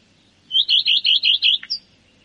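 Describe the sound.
Common redstart song phrase: about six quick, even, chirpy notes in a row, closed by a short high twitter.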